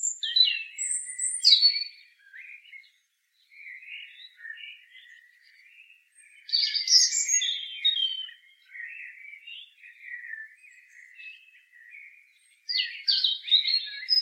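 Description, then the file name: European robin song of varied high warbles, trills and thin whistles, delivered in several phrases separated by short pauses. "Erithacus rubecula"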